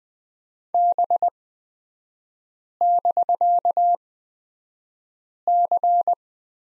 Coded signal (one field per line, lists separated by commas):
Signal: Morse code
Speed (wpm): 20 wpm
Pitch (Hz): 700 Hz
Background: none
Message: B<BK>C